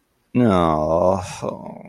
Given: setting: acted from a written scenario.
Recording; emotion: vocal sound without words; guilt